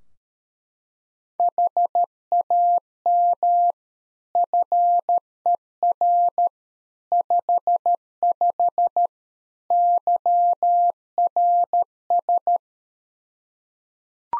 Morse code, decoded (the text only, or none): HAM FER 55 YRS